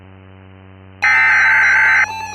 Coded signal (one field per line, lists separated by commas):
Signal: Emergency Alert System (SAME) tones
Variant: header bursts